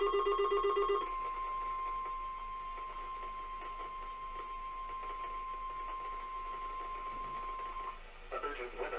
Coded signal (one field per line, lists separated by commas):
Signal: Emergency Alert System (SAME) tones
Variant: 1050 Hz attention tone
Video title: GETTING ON MY LAST DAMN NERVE... | EAS Alerts from November 2020 (EAS #754-782)